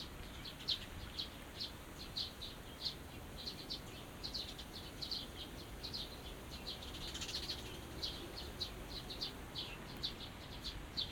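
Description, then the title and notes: Small birds twittering with quick high chirps in a busy stream, a brief louder flurry midway, over soft low rumble. Small birds singing in a small garden in a corner of Yushima Tenjin shrine, Tokyo, surrounded by buildings, recorded after rain; binaural recording. "小鳥のさえずり、雨上がりの庭園にて（Binaural）- Birds singing in the garden. 湯島天神の片隅にある小さな庭園で録音しました。"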